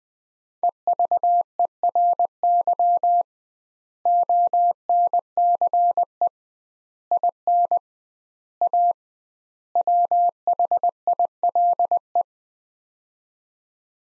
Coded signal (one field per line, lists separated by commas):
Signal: Morse code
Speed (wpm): 20 wpm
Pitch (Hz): 700 Hz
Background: none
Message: EVERY ONCE IN A WHILE